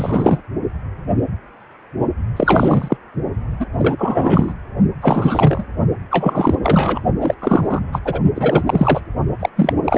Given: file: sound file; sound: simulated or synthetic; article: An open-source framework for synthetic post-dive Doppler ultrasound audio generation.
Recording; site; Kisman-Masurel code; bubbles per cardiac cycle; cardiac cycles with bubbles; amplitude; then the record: Doppler ultrasound audio after a dive; precordial; 333; rolling drumbeat, over 9; 50–99%; loud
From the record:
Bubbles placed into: partial cardiac cycles